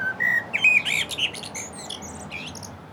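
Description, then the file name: Common blackbird song phrase of warm whistled notes running into a jumble of high, scratchy twittering over a noisy background. "Turdus merula"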